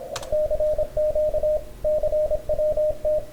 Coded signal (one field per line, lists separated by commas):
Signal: Morse code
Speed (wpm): 25 wpm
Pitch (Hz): 610 Hz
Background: radio noise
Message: CQ CWT